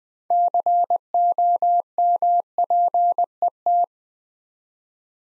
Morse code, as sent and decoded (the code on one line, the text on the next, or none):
-.-. --- -- .--. . -
COMPET